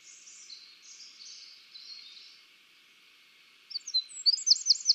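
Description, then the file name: Eurasian wren: faint smeared high notes at first, then a quiet pause, then a loud burst of rapid, sharp high chips and twittering notes. "Troglodytes troglodytes"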